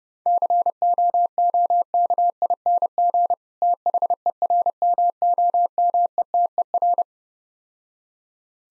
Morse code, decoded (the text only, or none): COOKING THERMOMETER